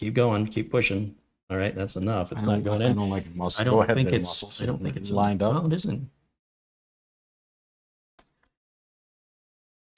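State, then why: Seated. Someone talks for the first six seconds while a plastic push-pin leg of a stock CPU heatsink is forced through a motherboard mounting hole with a lot of force after a failed try. After a quiet pause, the pin pops home into the motherboard with a sharp but very subtle snap at 8.2 s, followed by a faint tick at 8.4 s. The push pin is seated.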